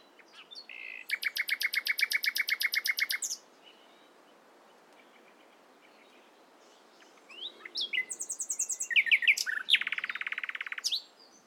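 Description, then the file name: Common nightingale delivering a long, rapid rattle of repeated notes, a pause of several seconds, then a varied phrase ending in another fast trill. "Luscinia megarhynchos"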